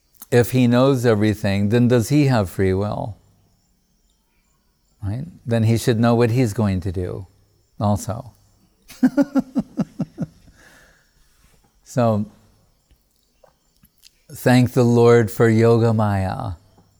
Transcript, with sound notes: “If He knows everything, then does He have free will? Then, He should know what He's going to do, also.” [laughing] (Laughing) So, thank the Lord for yoga- māyā,